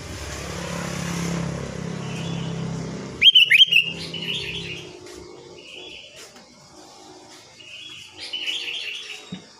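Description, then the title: Sooty-headed bulbul song: after a vehicle passes, one bright bubbly phrase rings out, followed by softer repeated whistled notes. "Kutilang"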